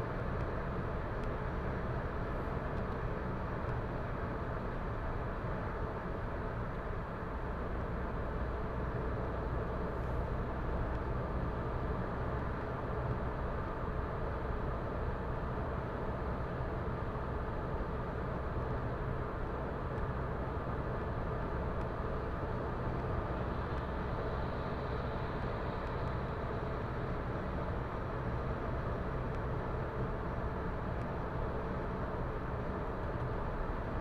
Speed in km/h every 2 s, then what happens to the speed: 115, 114, 114, 107, 110, 112, 113, 114, 114, 114, 114, 114, 114, 115, 115, 115, 115.
0-5 slows to 107. 5-34 steady at about 114.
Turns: none.